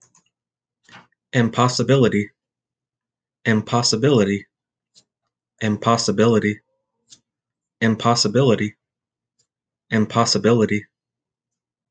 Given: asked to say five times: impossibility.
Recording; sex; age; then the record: repeated word; male; 30 to 39 years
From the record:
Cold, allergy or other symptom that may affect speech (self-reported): no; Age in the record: 33 years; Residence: California, United States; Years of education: 20